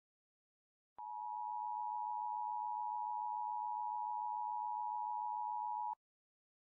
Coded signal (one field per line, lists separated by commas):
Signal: Emergency Alert System (SAME) tones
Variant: 853 and 960 Hz attention tone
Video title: EAS Scenario: Neutralized